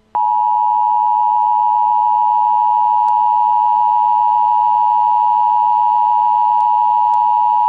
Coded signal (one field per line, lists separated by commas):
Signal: Emergency Alert System (SAME) tones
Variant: 853 and 960 Hz attention tone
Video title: EAS: NYC Tornado, September 16, 2010